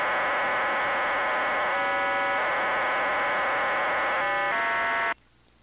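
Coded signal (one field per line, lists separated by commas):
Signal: numbers station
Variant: HM01 RDFT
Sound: steady dense hiss-like digital block, twice interrupted by chords of parallel tones, then abrupt stop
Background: radio static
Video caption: all previous RDFT sequences*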